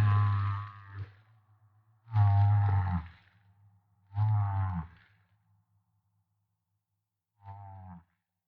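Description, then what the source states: Humpback whale low pulsed grunts: four rough growling bursts, the last one shorter, quieter and after a longer gap. Maui.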